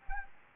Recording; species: mosquito wingbeat signal from an infrared sensor; Anopheles arabiensis